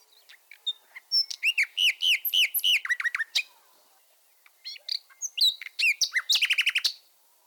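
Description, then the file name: Common nightingale delivering rich, looping phrases of repeated bubbling notes, a brief pause, then scattered whistles and a fast trill at the end. "fulemule"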